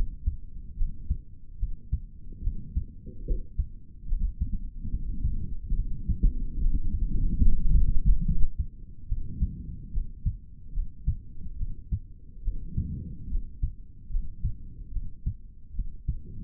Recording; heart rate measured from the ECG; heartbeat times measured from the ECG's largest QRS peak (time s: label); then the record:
heart sounds by stethoscope; 72 bpm
0.76 s: heartbeat
1.58 s: heartbeat
2.42 s: heartbeat
3.25 s: heartbeat
4.06 s: heartbeat
4.89 s: heartbeat
5.74 s: heartbeat
6.59 s: heartbeat
7.41 s: heartbeat
8.24 s: heartbeat
9.07 s: heartbeat
9.91 s: heartbeat
10.73 s: heartbeat
11.57 s: heartbeat
12.43 s: heartbeat
13.28 s: heartbeat
14.10 s: heartbeat
14.91 s: heartbeat
15.74 s: heartbeat
From the record:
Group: healthy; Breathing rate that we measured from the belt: 17 breaths a minute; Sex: male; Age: 55 years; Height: 167 cm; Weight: 57.2 kg